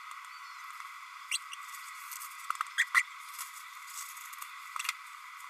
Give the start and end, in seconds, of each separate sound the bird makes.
1.31-1.38, 2.78-2.84, 2.94-3.02